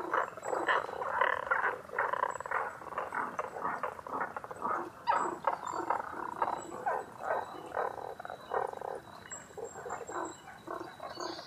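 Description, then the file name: Tago's brown frog croaking, many short rasping notes overlapping in a steady chorus, with a soft high whistle in the background. Recorded 11 June 2010 at 18:05. "tagogaeru-20100611-1805"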